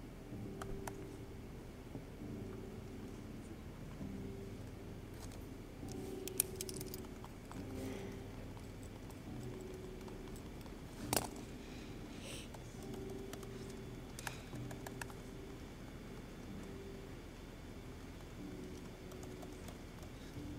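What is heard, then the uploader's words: Library ambience with a steady low hum and rumble running throughout, carrying faint tonal murmurs like distant voices or machinery. Occasional soft clicks and knocks break through, with sharper taps near six, eleven and fourteen seconds. Study with me at hogwarts (aka the yale library!).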